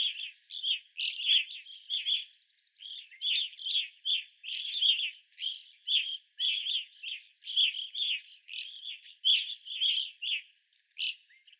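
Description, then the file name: Steady stream of evening grosbeak chirps in short bursts. Several evening grosbeaks recorded 25 April 2021. "2021-04-25 Evening Grosbeaks"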